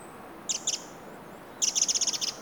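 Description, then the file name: Eurasian wren ticking calls, a few sharp high clicks followed by a quick rattling run of about ten ticks, over a faint steady hiss. "Troglodytes troglodytes"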